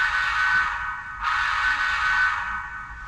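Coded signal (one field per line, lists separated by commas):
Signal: whistle signal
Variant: steam locomotive whistle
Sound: a breathy, chord-like steam whistle sounding continuously, with a short dip partway through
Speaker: and so for example I don't know if you heard me it was doing it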